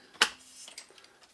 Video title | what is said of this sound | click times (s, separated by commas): Super Lightweight Folding ENGWE P20 | and you'll hear a little click and then the battery just lifts out easily to put it back in | 0.2 s